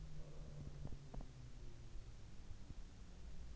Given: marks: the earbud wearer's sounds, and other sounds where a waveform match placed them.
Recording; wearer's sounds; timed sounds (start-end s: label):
sounds in sleep by an in-ear microphone; breath
0.11-0.85 s: breath